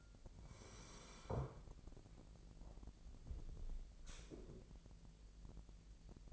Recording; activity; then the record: daily activity, microphone in the room; sit down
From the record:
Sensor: 5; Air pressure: 1001.7 hPa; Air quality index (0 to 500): 246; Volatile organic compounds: 30 ppm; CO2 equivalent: 2953 ppm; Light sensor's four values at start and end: 49/115/47/49 and 48/114/47/49